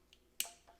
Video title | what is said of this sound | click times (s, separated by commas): Yamaha Vino 50cc Scooter Battery Change | there you go you heard the click it's clicked on doesn't pull off | 0.4 s